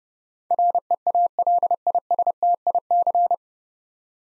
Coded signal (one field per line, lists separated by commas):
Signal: Morse code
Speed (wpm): 32 wpm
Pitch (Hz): 700 Hz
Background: none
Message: REALISTIC